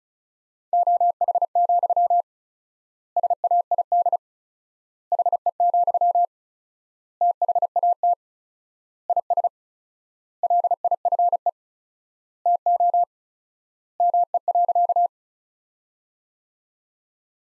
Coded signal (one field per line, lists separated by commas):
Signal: Morse code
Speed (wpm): 36 wpm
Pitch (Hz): 700 Hz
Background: none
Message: OH, SAID HE, THAT IS LIFE TO ME.